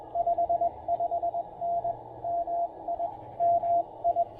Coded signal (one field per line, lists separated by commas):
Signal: Morse code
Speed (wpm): 18 wpm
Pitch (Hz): 700 Hz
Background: radio noise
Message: 55N MI MI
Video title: POTA QRP DX with the Penntek TR-45L and PackTenna Mini End-Fed Half-Wave!